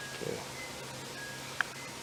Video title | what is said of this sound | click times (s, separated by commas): วีธีเปลี่ยนหลอดไฟหรี่ HONDA CITY /T10 LED | เป็นที่น่าพอใจแล้วนะครับก็บิดsocketเข้าล็อคเหมือนเดิมนะครับบิดตามเข็มนาฬิกาโคเป็น | 1.6 s